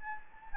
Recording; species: mosquito wingbeat signal from an infrared sensor; Anopheles gambiae